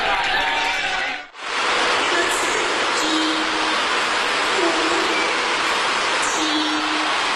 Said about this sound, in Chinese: 清晨5点左右，香港西九龙车站正式开站，5点10分左右，早已等候在外的搭乘首班列车的旅客开始进站。